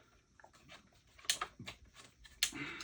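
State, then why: Seated. A figure's hands are slid back into its forearms because they did not click in well before. After some soft handling sounds and someone talking, a hand goes home with a sharp click at 2.4 s and is seated.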